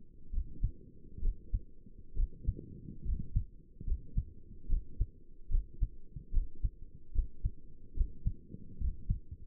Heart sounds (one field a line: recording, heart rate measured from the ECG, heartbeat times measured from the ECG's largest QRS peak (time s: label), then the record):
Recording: heart sounds by stethoscope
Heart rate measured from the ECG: 71 bpm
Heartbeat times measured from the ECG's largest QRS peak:
0.33 s: heartbeat
1.22 s: heartbeat
2.17 s: heartbeat
3.05 s: heartbeat
3.87 s: heartbeat
4.69 s: heartbeat
5.51 s: heartbeat
6.33 s: heartbeat
7.15 s: heartbeat
7.97 s: heartbeat
8.80 s: heartbeat
From the record:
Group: healthy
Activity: rest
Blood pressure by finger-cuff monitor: 88/59 mmHg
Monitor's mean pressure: 70 mmHg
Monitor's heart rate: 70 bpm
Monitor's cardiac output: 6.3 L/min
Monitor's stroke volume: 84 mL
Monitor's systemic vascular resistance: 790 dyn s/cm5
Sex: male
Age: 22 years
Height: 181 cm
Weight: 79 kg